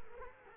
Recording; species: mosquito wingbeat signal from an infrared sensor; Culex quinquefasciatus